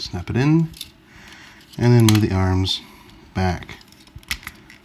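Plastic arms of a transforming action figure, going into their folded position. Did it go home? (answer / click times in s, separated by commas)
yes / 4.3 s, 4.5 s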